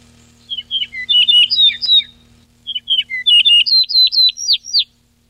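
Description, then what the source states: Yellow-breasted bunting gives two brisk phrases of sweet, sharply slurred notes in quick succession, the second ending in higher, ringing notes. Recorded 14 July 2006.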